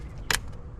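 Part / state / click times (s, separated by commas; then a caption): catch can hose quick connector onto intake port / seated / 0.3 s. An adjustable quick connector on the intake-side hose of a J&L Oil Separator Co. catch can, fed underneath the intake tube on a Ford Ranger Raptor, is pushed onto its intake port. A sharp, bright click sounds at 0.3 s over a low steady background rumble. The connector is confirmed seated.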